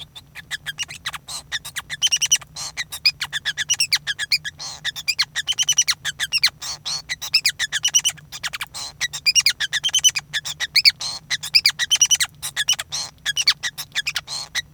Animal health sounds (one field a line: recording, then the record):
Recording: song of a male Bengalese finch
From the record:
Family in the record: son of father 5